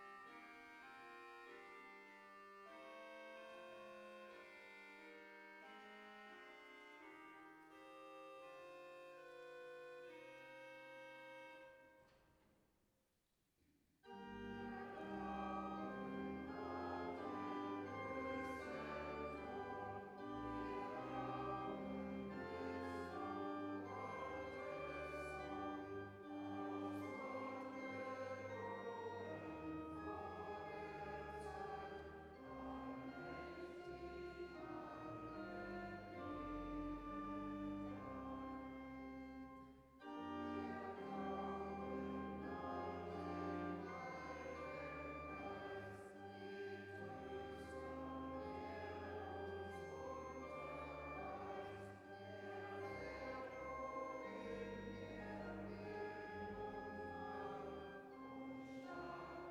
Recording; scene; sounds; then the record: everyday scene through a hearing-aid microphone; reverberant space; music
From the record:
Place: church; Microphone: behind the ear, left, rear